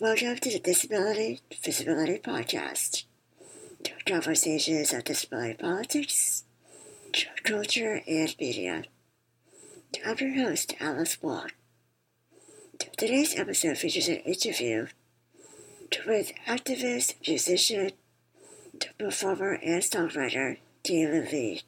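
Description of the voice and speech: The speaker has spinal muscular atrophy, which causes her lung function to decline because of her weakening diaphragm muscles. So she has to wear a ventilator to breathe, and she records her podcast while she's wearing the ventilator.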